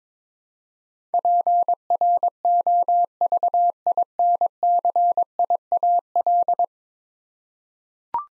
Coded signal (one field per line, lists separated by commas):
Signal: Morse code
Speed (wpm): 21 wpm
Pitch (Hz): 700 Hz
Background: none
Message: PROVINCIAL